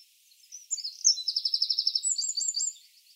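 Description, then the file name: Eurasian wren song, a short burst of high notes that runs into a fast trill, then a few more notes before it ends. "Troglodytes troglodytes"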